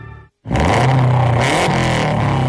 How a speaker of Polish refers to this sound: Tak brzmi 280 koni mocy samochodu rajdowego Kajetana Kajetanowicza, dwukrotnego mistrza Europy.